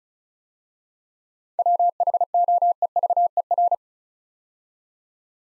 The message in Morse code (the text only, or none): WHOEVER